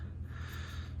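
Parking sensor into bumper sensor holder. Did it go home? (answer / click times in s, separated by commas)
no / none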